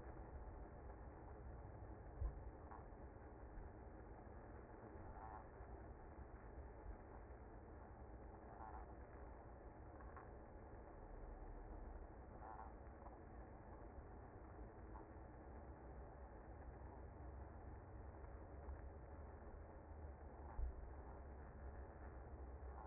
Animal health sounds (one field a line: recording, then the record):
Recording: honeybee colony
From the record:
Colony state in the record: active